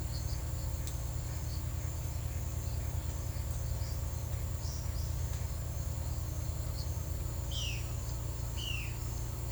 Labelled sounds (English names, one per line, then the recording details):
Violaceous Jay
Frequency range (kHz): Violaceous Jay 1.5-4.6 kHz
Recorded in secondary vegetation near Puerto Asís, Putumayo, Colombia, on 18 December 2024 at 09:30
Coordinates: 0.499, -76.323
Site G010